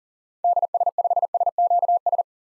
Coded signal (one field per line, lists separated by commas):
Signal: Morse code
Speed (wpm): 40 wpm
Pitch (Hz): 700 Hz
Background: none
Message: DS5SQS